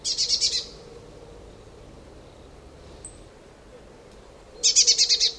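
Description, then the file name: Eurasian blue tit giving two rapid pulsed churrs separated by a long quiet gap, with one faint thin note between. "Cyanistes caeruleus"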